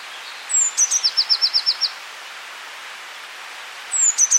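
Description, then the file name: Eurasian blue tit song: thin descending high whistles followed by a quick trill of about seven notes, with a second phrase starting near the end. "Cyanistes caeruleus"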